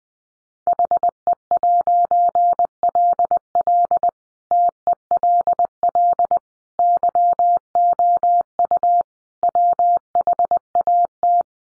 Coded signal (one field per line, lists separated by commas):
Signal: Morse code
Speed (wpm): 20 wpm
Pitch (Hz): 700 Hz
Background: none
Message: HE'LL TELL YOU WHAT